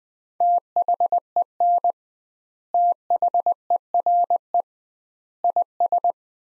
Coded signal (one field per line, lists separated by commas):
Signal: Morse code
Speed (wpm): 20 wpm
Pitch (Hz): 700 Hz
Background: none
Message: THEN THERE IS